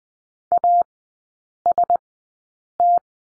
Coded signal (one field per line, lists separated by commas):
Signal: Morse code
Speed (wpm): 20 wpm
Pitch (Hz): 700 Hz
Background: none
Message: AST